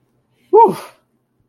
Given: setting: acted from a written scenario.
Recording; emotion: vocal sound without words; pain